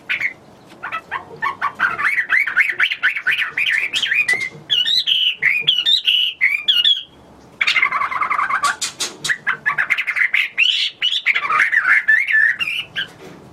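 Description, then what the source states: Hwamei song, sustained and varied: warbled whistles, twists and rapid trills continuing almost without pause for over thirteen seconds. Recorded in China.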